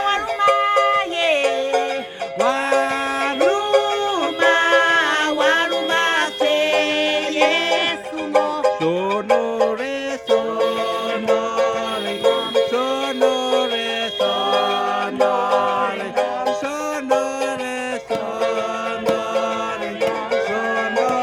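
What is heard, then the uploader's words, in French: A pastor sings a song, accompanied by his ukulele and a few guests joining in. The voices hold steady, sliding notes over a quick, regular strum that stays bright and busy throughout. Loudness stays fairly even and full, with no pauses. Mariage à Neccé, île de Maré.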